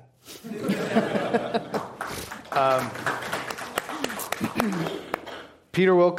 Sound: laughter; applause

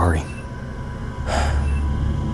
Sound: an unsure sigh – and then

